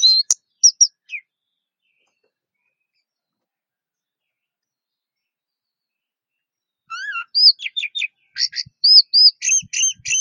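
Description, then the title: Orange-headed thrush song: a few high chirps, a long silence, then a rapid run of varied whistles, buzzy notes and repeated paired chirps. "Anis Merah"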